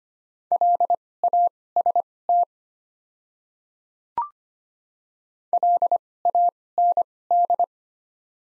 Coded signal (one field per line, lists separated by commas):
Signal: Morse code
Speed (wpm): 25 wpm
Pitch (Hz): 700 Hz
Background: none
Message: LAST LAND